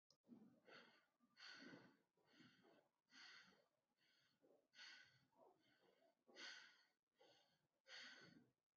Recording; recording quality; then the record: shallow breathing; excellent, no background noise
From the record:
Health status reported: healthy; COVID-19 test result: not tested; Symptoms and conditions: none ticked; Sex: female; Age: 21 years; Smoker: not ticked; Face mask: not worn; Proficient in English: yes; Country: India